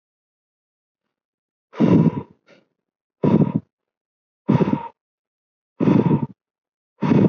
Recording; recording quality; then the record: shallow breathing; excellent, no background noise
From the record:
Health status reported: COVID-19 positive, mild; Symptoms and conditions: none ticked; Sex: male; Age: 22 years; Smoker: not ticked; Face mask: not worn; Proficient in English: yes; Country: India